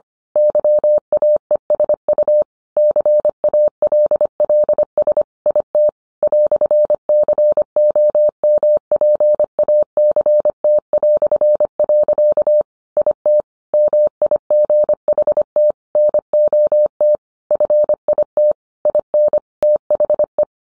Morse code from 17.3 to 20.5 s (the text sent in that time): FIT IN THE